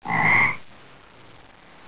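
Frog croaking: one harsh, buzzy croak lasting about half a second, then quiet, with the start of a second croak at the very end.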